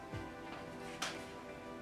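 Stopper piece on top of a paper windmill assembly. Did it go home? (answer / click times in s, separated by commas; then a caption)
yes / 1.0 s. A small stopper piece from a craft windmill kit is pressed down over the top of a paper windmill assembly while background music plays. A short, sharp click at 1.0 s marks the stopper snapping into place, after which it stays on.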